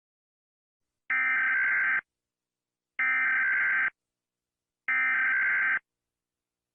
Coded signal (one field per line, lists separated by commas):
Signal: Emergency Alert System (SAME) tones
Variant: header bursts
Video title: Rating Other Countries EAS Alarms Before It Becomes Irrelevant